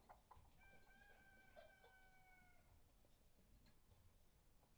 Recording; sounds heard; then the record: poultry house recording; healthy chickens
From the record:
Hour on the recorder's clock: 18